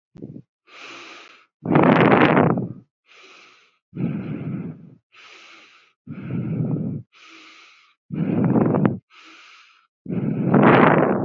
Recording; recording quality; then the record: deep breathing; excellent, no background noise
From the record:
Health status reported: COVID-19 positive, moderate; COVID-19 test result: positive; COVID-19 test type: RT-PCR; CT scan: not taken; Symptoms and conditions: fever, fatigue, loss of smell and taste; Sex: female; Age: 21 years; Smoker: no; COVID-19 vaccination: both doses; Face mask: not worn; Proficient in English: yes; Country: India